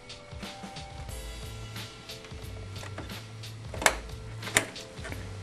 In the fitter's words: once the ram is in place you'll want to press directly on top of the ram with slight pressure until you hear the ram piece snap into the board